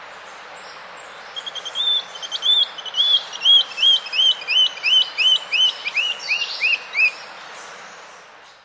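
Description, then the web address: Brown-billed scythebill song: a steady run of many clear whistled notes, each a quick upward slur, delivered over about six seconds. South America. "Natures Songs S America Brown-Billed Scythebill"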